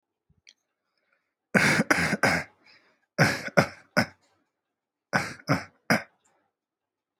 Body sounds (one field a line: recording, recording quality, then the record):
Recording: shallow voluntary cough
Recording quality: excellent, no background noise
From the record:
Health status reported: healthy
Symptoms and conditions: none ticked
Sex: male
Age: 29 years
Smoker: yes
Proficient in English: yes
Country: India